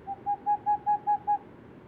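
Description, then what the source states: Boreal owl giving a rapid series of seven evenly spaced hoots on one pitch, swelling after the first, over steady background hiss. Hooting of an unpaired male.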